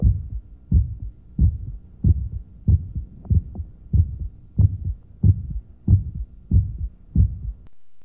Aortic valve stenosis in an adolescent male. Transducer to the apex, where the ejection sound can be heard closely approximated to S1.